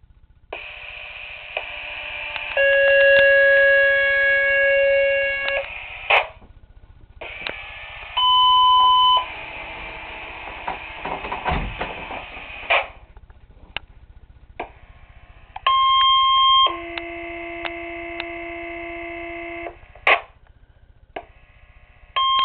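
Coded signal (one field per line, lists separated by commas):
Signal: two-tone page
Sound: series of steady electronic paging tones, pitch changes abruptly every second or few seconds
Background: radio static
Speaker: County units the monthly sir test for the month of December will now begin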